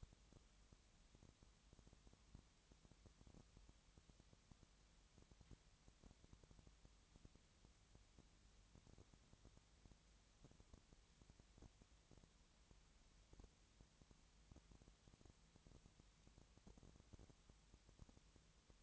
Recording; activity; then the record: daily activity, microphone in the room; no activity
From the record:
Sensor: 3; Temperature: 20.6 degrees Celsius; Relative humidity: 34.7%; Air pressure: 1007.2 hPa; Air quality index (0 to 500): 137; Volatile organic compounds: 3 ppm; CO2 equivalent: 1526 ppm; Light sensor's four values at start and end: 2/3/2/2 and 2/3/2/2